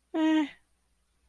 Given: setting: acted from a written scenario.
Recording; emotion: vocal sound without words; neutral